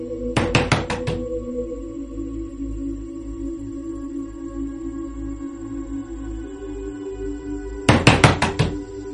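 Something knocks on an apartment door from the inside: two bursts of rapid knocking, each about five sharp raps, separated by several seconds of low steady hum with no voices.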